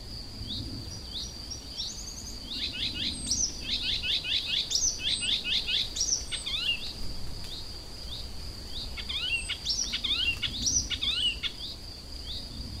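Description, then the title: Icterine warbler delivering a long varied song of chattering bursts, squeaky slurs and sharp notes, pausing briefly midway before resuming. Kirchdorf, Germany. "Kirchdorf, Deutschland - Gelbspötter"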